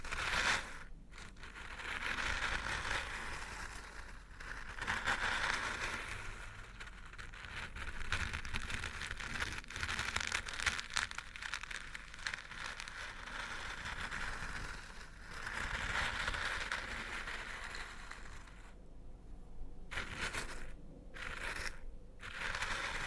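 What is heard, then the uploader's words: Crunchy stirring of a coarse, dry mix, a dense crackling rustle that swells and eases in slow waves across the whole stretch. Brief pauses break it near one second, five seconds and around nineteen to twenty-one seconds. A low rumble sits underneath throughout. Old-Time Riches Crunchy Stirring. NO TALKING.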